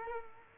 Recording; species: mosquito wingbeat signal from an infrared sensor; Culex quinquefasciatus